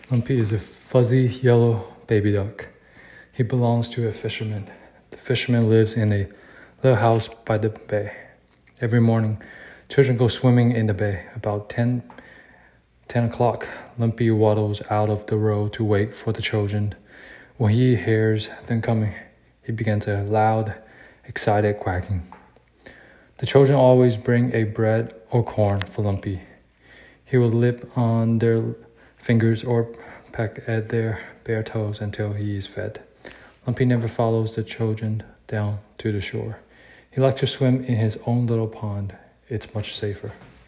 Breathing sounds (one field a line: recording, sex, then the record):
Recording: reading aloud after running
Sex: male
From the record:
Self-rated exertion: moderate exertion (3 of 6)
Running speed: 8 miles an hour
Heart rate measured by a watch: 95 beats a minute at the start, 94 at the end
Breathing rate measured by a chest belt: 21 breaths a minute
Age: 27 years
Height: 185 cm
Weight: 76 kg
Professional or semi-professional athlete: no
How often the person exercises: over 5 times a week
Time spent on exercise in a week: over 5 hours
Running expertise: no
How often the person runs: over 5 times a week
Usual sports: running, weight training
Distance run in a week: 65 km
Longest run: 42 km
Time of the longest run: 214 minutes